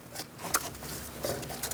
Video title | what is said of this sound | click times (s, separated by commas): How to Replace Valve Cover 2000-2006 Mini Cooper 1.6L L4 | Plug it in. Make sure you hear that click and lock it into place. | 0.5 s